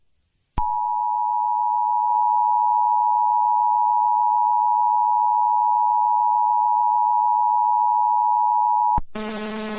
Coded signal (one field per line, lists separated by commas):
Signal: Emergency Alert System (SAME) tones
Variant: 853 and 960 Hz attention tone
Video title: Eas scenario catemojibabyheat part 96 coming on Christmas 2020